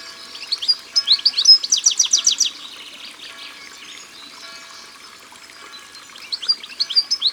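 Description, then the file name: European goldfinch song: a quick twittering run of high tinkling notes and a buzzy trill, a pause, then more twitters near the end. Recorded by the water. "Chardonneret elegant Au bord de leau"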